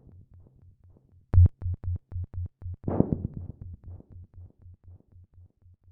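Rapid, regular low thumps of a cosmonaut's heartbeat repeat steadily throughout, louder in the middle, with a brief burst of hissy noise partway through.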